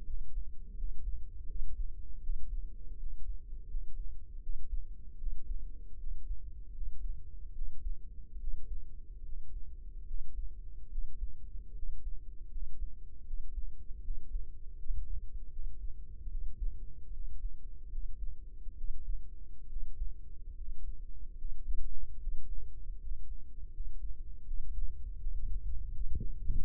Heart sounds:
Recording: heart sounds by microphone in the left ear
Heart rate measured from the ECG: 77 bpm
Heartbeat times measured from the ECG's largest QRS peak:
0.05 s: heartbeat
0.75 s: heartbeat
1.46 s: heartbeat
2.21 s: heartbeat
2.97 s: heartbeat
3.67 s: heartbeat
4.40 s: heartbeat
5.17 s: heartbeat
5.98 s: heartbeat
6.72 s: heartbeat
7.53 s: heartbeat
8.38 s: heartbeat
9.23 s: heartbeat
10.05 s: heartbeat
10.89 s: heartbeat
11.73 s: heartbeat
12.49 s: heartbeat
13.24 s: heartbeat
14.02 s: heartbeat
14.77 s: heartbeat
15.50 s: heartbeat
16.29 s: heartbeat
17.11 s: heartbeat
17.89 s: heartbeat
18.75 s: heartbeat
19.67 s: heartbeat
20.55 s: heartbeat
21.36 s: heartbeat
22.18 s: heartbeat
22.98 s: heartbeat
23.71 s: heartbeat
24.45 s: heartbeat
25.18 s: heartbeat
25.89 s: heartbeat
26.58 s: heartbeat
From the record:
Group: healthy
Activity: rest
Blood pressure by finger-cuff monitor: 89/59 mmHg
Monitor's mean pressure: 66 mmHg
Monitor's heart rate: 76 bpm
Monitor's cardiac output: 5 L/min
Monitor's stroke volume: 67 mL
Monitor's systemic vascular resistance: 940 dyn s/cm5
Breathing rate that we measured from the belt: 21 breaths a minute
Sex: male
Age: 22 years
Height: 181 cm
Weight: 60 kg

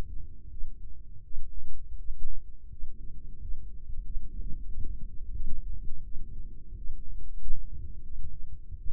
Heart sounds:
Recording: heart sounds by microphone in the right ear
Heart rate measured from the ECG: 87 bpm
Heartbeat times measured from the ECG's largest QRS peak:
0.50 s: heartbeat
1.23 s: heartbeat
1.97 s: heartbeat
2.71 s: heartbeat
3.40 s: heartbeat
4.03 s: heartbeat
4.67 s: heartbeat
5.34 s: heartbeat
6.04 s: heartbeat
6.76 s: heartbeat
7.40 s: heartbeat
8.03 s: heartbeat
8.78 s: heartbeat
From the record:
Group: healthy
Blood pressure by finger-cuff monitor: 97/55 mmHg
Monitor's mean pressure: 68 mmHg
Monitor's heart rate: 86 bpm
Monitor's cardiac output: 7.8 L/min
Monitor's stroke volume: 92 mL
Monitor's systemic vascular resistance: 600 dyn s/cm5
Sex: female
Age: 22 years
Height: 157 cm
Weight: 47.6 kg

